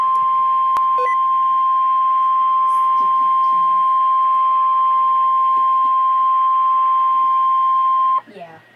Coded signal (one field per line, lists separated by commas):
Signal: Emergency Alert System (SAME) tones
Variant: 1050 Hz attention tone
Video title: REAL EAS- 1060-SVR